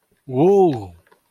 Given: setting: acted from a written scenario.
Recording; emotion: vocal sound without words; awe